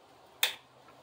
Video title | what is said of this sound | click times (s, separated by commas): P0128 GMC Acadia finally SOLVED!! | hear that that was easy and then you want to push that little red clip back on | 0.4 s